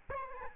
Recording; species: mosquito wingbeat signal from an infrared sensor; Aedes albopictus